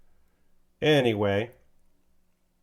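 A plastic hand is being handled for fitting onto the wrist joint of a plastic model kit, the Gundam Heavyarms Igel Unit MG. Someone talks briefly over a quiet background, and nothing has seated or clicked yet.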